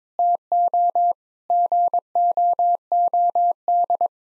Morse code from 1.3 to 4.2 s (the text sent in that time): GOOD